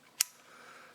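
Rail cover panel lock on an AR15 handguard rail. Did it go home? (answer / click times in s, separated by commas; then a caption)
yes / 0.2 s. A polymer grip panel is slid onto the Picatinny rail of an AR15 handguard, and its rail cover panel lock is pushed until it clicks into place. One sharp, bright click sounds at 0.2 seconds over a quiet background. The panel is seated and now permanently secured on the rail.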